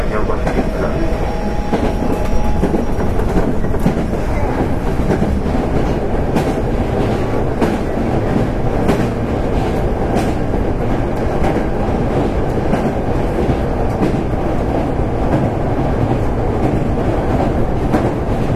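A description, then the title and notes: An electric train runs steadily at speed, recorded from on board, with a thick, even rumble throughout. Sharp wheel clicks over rail joints come every second or so, and a faint motor whine holds through the first half before fading. 阪急電鉄8000系電車の走行音です。 神戸線の特急列車で録音しました。 区間は新開地から梅田までです。 Running sound of Hankyu Railway 8000 series train. Express train of Kobe Line.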